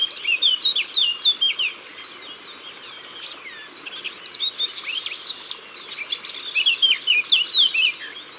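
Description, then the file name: Eurasian blackcap song, bursts of rich warbling notes against a busy background of many other high-pitched birds. Ardèche, France. "Fauvette-A-Tete-Noire-Concerts-Naturels-De-l Ardeche"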